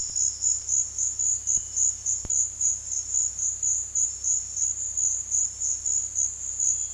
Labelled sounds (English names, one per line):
none